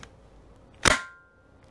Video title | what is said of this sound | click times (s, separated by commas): Review Dyson Cyclone Absolute V10 Myriam Larouche T | ça fait clic et maintenant on a noté spectateurs à main qui est prête à les nettoyer | 0.9 s